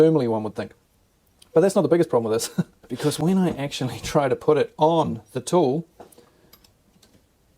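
Someone talks, then tries to fit a knockoff Starlock-type metal oscillating multitool blade onto the tool's blade mount, making short, faint ticking contacts at about 6.1, 6.5, 6.7 and 7.0 seconds. The blade fails to go on and does not engage; nothing has seated or clicked yet.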